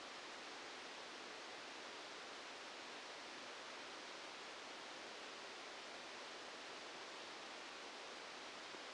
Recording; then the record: brain microelectrode recording played as sound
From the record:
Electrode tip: outside the subthalamic nucleus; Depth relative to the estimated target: -6 mm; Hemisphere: left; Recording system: NeuroSet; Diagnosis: Parkinson's disease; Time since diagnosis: 14 years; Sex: male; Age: 51 years